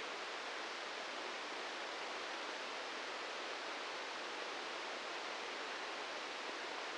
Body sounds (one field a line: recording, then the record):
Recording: brain microelectrode recording played as sound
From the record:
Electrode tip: inside the subthalamic nucleus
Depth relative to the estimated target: 0 mm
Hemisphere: right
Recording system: NeuroSet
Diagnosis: Parkinson's disease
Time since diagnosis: 8 years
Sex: male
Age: 58 years